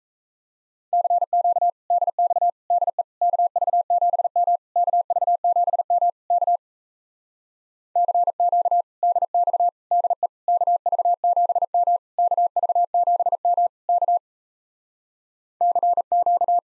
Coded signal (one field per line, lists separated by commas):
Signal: Morse code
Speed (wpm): 37 wpm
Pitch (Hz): 700 Hz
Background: none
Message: CQ DX DE KV7M KV7M K CQ DX DE KV7M KV7M K CQ